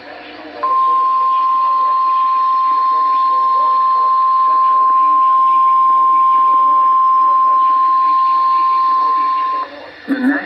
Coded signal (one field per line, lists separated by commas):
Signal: Emergency Alert System (SAME) tones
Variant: 1050 Hz attention tone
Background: speech